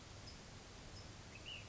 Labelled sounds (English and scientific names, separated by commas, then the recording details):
Ash-throated Flycatcher (Myiarchus cinerascens)
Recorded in Sonoma County, California